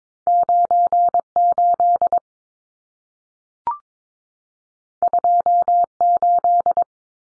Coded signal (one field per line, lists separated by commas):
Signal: Morse code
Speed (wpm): 22 wpm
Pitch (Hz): 700 Hz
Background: none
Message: 98 28